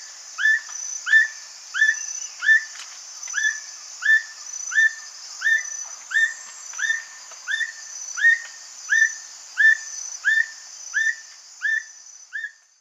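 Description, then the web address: Black Bushbird song: a long series of short whistled notes repeated steadily about every 0.7 seconds, over a constant high-pitched hum. Song; eastern lowlands of South America. "Natures Songs S America Eastern Lowlands. Neoctantes niger, song"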